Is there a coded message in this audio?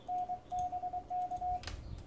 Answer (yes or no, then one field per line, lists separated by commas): yes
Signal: Morse code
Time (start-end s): 0.1-1.6 s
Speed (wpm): 23 wpm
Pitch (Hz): 720 Hz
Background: radio noise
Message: NBK